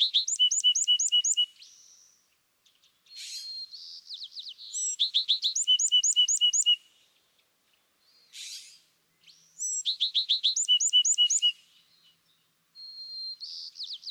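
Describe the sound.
California thrasher singing in bursts: fast series of high, clipped notes and hooked whistles repeated in phrases, separated by short pauses and scratchy rasping notes.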